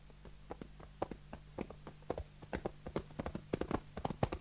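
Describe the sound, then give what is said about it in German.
Horse hooves clip-clop in a brisk, uneven rhythm of sharp knocking beats that grow slightly louder toward the end, over a low steady hum, with no voices. “Schon die Pferde, Mualab! Wir brauchen einen Vorsprung!”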